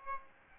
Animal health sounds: mosquito wingbeat signal from an infrared sensor; Aedes albopictus

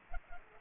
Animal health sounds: mosquito wingbeat signal from an infrared sensor; Culex pipiens

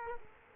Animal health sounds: mosquito wingbeat signal from an infrared sensor; Culex quinquefasciatus

